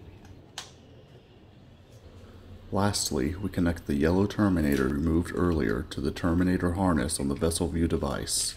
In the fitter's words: once fully engaged you will hear a click